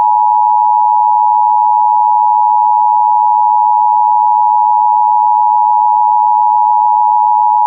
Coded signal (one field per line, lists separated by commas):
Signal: Emergency Alert System (SAME) tones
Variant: 853 and 960 Hz attention tone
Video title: [EAS] Severe Thunderstorm Warning for Hubbard County (South of Bemidji) (7/6/26)